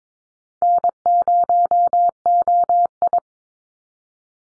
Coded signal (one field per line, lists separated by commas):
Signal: Morse code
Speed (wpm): 22 wpm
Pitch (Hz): 700 Hz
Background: none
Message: N0OI